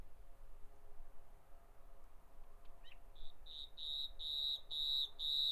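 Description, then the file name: Common nightingale beginning quietly, then sounding a rapid series of pure piping notes that grow louder. "Nachtigall"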